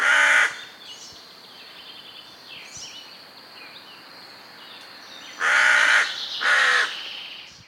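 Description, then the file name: Carrion crow cawing: one harsh, hoarse caw at the start, then a pair of loud rasping caws near the end, with quieter bird chirps between. "Corvus corone"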